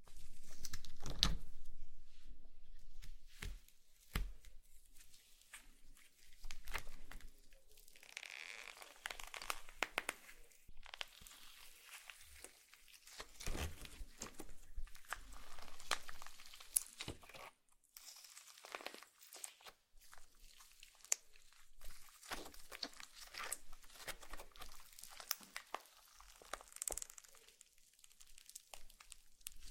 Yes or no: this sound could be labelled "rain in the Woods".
no